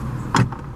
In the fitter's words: row and very nice and simple you can just lift the seat back up it clicks into place